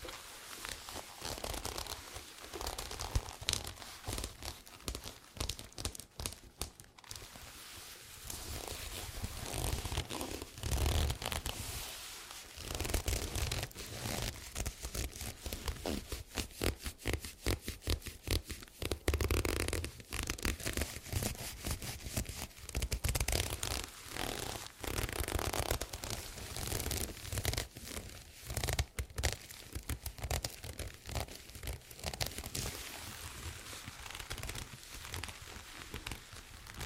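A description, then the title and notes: Leather squeaks and creaks, a dense, busy run of crinkly rubbing sounds with quick bright clicks and scrapes. The handling continues almost without pause, briefly easing around 7 and 12 seconds before picking up again. TimASMR-ASMR Doing Your Squeaky Leather Requests (NO TALKING).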